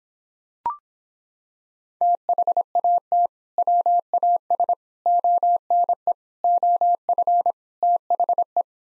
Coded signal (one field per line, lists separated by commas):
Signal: Morse code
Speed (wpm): 26 wpm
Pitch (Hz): 700 Hz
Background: none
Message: THAT WAS ONE OF THE